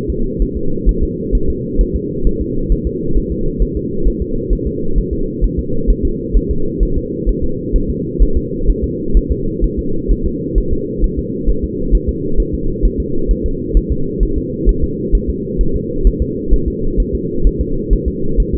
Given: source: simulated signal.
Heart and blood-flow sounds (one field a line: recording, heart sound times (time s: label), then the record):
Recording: fetal heart sounds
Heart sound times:
0.10 s: S2
0.42 s: S1
0.57 s: S2
0.89 s: S1
1.03 s: S2
1.35 s: S1
1.50 s: S2
1.81 s: S1
1.96 s: S2
2.27 s: S1
2.41 s: S2
2.72 s: S1
2.87 s: S2
3.17 s: S1
3.32 s: S2
3.62 s: S1
3.77 s: S2
4.07 s: S1
4.22 s: S2
4.53 s: S1
4.67 s: S2
4.98 s: S1
5.13 s: S2
5.44 s: S1
5.59 s: S2
5.90 s: S1
6.05 s: S2
6.37 s: S1
6.51 s: S2
6.83 s: S1
6.97 s: S2
7.29 s: S1
7.44 s: S2
7.76 s: S1
7.90 s: S2
8.22 s: S1
8.37 s: S2
8.69 s: S1
8.84 s: S2
9.17 s: S1
9.31 s: S2
9.64 s: S1
9.79 s: S2
10.11 s: S1
10.26 s: S2
10.58 s: S1
10.73 s: S2
11.04 s: S1
11.19 s: S2
11.49 s: S1
11.64 s: S2
11.95 s: S1
12.09 s: S2
12.40 s: S1
12.54 s: S2
12.85 s: S1
13.00 s: S2
13.31 s: S1
13.46 s: S2
13.77 s: S1
13.92 s: S2
14.23 s: S1
14.38 s: S2
14.69 s: S1
14.84 s: S2
15.15 s: S1
15.30 s: S2
15.61 s: S1
15.76 s: S2
16.07 s: S1
16.22 s: S2
16.53 s: S1
16.68 s: S2
17.00 s: S1
17.15 s: S2
17.47 s: S1
17.61 s: S2
17.93 s: S1
18.08 s: S2
18.40 s: S1
18.54 s: S2
From the record:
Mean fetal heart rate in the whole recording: 130 bpm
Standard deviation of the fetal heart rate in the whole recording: 2 bpm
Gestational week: 36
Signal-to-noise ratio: -8.1 dB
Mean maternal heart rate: 72 bpm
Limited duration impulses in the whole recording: absent